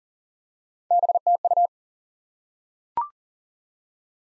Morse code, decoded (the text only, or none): BTU